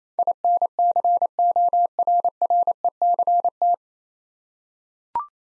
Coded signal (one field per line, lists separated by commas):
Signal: Morse code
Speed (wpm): 28 wpm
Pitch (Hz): 700 Hz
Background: none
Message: INCORRECT